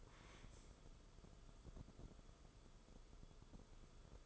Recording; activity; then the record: daily activity, microphone in the room; stand up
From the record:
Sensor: 5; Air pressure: 994.5 hPa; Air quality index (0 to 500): 185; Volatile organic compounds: 1000 ppm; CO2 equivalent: 5428 ppm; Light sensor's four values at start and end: 23/57/24/27 and 22/55/23/27